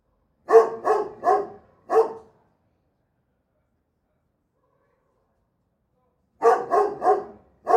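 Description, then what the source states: Large dog barking in two bursts of four deep barks, separated by a long quiet gap. Large dog barking in a backyard.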